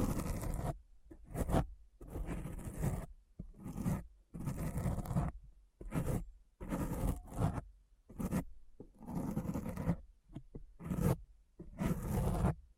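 Deep scratching in rough, rasping strokes, each lasting up to a second and separated by brief silences. The strokes come irregularly, roughly one per second, mixing longer heavy scrapes with quick, sharp flicks. A low, thick rumble sits under the gritty, zipper-like texture.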